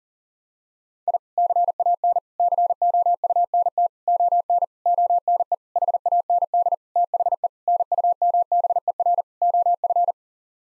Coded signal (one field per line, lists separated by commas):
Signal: Morse code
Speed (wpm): 40 wpm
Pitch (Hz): 700 Hz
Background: none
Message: I CAN COUNT ON ONE HAND THE NUMBER OF